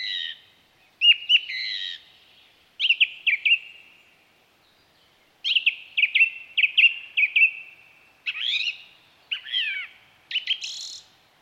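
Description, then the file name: Song thrush song: varied whistled and chirping phrases, several notes repeated two or three times, delivered in bursts with short pauses. "Zanglijster"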